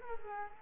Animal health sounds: mosquito wingbeat signal from an infrared sensor; Culex quinquefasciatus

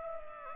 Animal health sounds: mosquito wingbeat signal from an infrared sensor; Culex pipiens

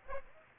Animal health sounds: mosquito wingbeat signal from an infrared sensor; Aedes aegypti

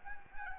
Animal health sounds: mosquito wingbeat signal from an infrared sensor; Anopheles arabiensis

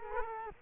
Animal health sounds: mosquito wingbeat signal from an infrared sensor; Culex quinquefasciatus

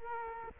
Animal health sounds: mosquito wingbeat signal from an infrared sensor; Culex quinquefasciatus

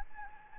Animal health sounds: mosquito wingbeat signal from an infrared sensor; Anopheles gambiae

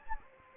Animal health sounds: mosquito wingbeat signal from an infrared sensor; Anopheles gambiae

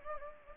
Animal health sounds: mosquito wingbeat signal from an infrared sensor; Anopheles gambiae

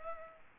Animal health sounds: mosquito wingbeat signal from an infrared sensor; Culex pipiens

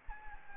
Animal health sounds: mosquito wingbeat signal from an infrared sensor; Anopheles gambiae

